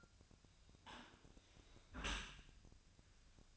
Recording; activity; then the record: daily activity, microphone in the room; close dishwasher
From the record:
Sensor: 2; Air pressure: 1003.0 hPa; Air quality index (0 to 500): 199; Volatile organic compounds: 6 ppm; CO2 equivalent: 1885 ppm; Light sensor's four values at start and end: 24/58/25/28 and 24/58/25/28